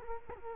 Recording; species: mosquito wingbeat signal from an infrared sensor; Culex quinquefasciatus